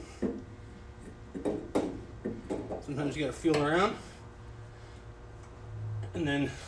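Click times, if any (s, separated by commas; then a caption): none. A drive shaft is put into the barrel of a Taylor 490 soft-serve machine and moved around to find the gearbox socket, giving short knocks and rattles, the sharpest at about 1.8 s, while someone talks. The shaft has not seated or clicked into the socket yet.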